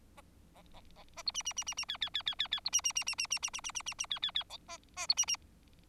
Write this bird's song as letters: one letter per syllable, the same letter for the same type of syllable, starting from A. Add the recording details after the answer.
A A A A B C C C C C D D D D D D B C C C C C C C C C C C C D D D E A A B C C. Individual Bird4